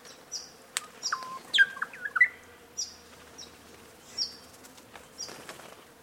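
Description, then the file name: Bird calls: short high notes repeated at intervals, with a brief run of looping whistled chirps in the middle, over a soft steady hum. "BIRD-rhe cv 120697 12 43 pm"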